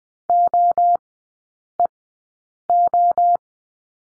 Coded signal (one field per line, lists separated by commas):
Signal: Morse code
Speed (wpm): 20 wpm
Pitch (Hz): 700 Hz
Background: none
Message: OEO